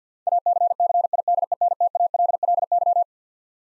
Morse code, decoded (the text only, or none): ACCIDENTALLY